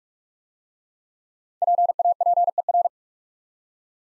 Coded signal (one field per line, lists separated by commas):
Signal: Morse code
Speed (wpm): 44 wpm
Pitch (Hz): 700 Hz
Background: none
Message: PAPER